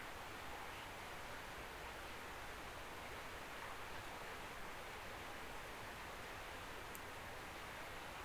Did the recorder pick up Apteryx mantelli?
no